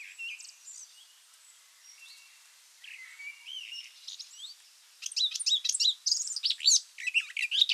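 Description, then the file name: Eurasian blackcap song, soft scattered warbling notes for five seconds, then a loud rapid burst of varied chattering and fluty phrases. "Sylvia atricapilla"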